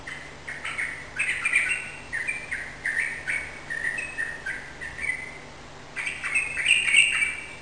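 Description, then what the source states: Yellow-vented bulbul song, rapid bursts of chattering, bubbly notes around mid-high pitch, repeated in short phrases with brief pauses, over a low steady hum. Rapid song in the 'ropel' style, recorded indoors in a room; local Indonesian name trucukan.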